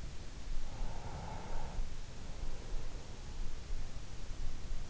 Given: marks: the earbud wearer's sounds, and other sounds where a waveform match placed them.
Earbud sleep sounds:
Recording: sounds in sleep by an in-ear microphone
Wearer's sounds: breath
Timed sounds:
0.47-3.70 s: breath

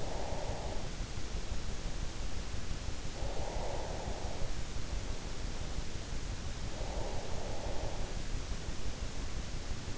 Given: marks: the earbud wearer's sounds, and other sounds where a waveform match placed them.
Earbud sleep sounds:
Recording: sounds in sleep by an in-ear microphone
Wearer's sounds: breath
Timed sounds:
0.00-1.16 s: breath
2.87-4.62 s: breath
6.40-8.24 s: breath

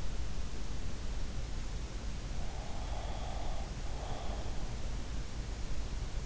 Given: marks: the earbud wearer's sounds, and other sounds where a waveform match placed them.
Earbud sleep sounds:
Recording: sounds in sleep by an in-ear microphone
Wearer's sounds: breath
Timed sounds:
2.47-4.90 s: breath

